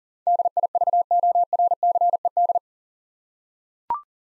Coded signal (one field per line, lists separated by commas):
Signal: Morse code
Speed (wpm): 40 wpm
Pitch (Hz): 700 Hz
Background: none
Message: DIVORCED